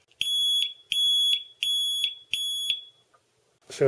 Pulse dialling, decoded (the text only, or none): none